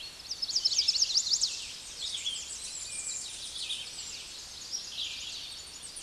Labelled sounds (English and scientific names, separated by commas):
Chestnut-sided Warbler (Setophaga pensylvanica) song